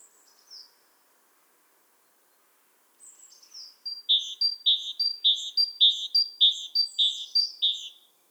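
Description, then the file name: Great tit repeating a two-part phrase, high note then lower note, several times in quick even succession after faint opening notes. "Parus major"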